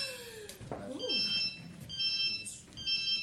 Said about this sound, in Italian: C'è qualcosa che sta vibrando. Ah, vibra. È rimasto il telefono.